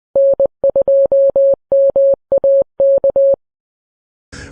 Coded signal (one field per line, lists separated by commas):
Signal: Morse code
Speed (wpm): 20 wpm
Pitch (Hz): 550 Hz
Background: none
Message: N2MAK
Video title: A Perfect Random Wire for a POTA 3fer